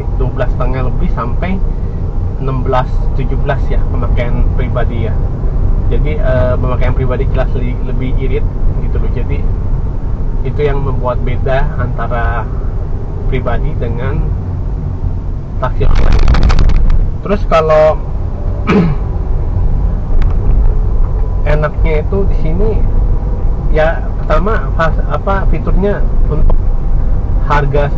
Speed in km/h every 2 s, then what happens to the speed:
31, 32, 34, 30, 31, 28, 25, 22, 21, 24, 31, 35, 37, 35.
0-9 steady at about 31. 9-17 slows to 21. 17-22 speeds up to 35. 22-28 steady at about 35.